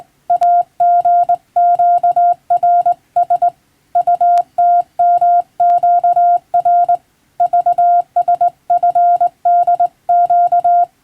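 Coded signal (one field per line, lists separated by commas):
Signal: Morse code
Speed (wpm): 20 wpm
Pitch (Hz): 700 Hz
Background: none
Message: AGQRS UTMQR VSFDQ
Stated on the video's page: Morse practice in the style of the radiotelegraph operator licence exam, sending from a European-language telegram practice book, by a first-class radiotelegraph operator.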